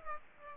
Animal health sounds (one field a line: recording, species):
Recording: mosquito wingbeat signal from an infrared sensor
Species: Aedes aegypti